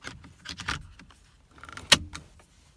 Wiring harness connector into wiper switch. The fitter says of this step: in the connectors it just snaps right in here like this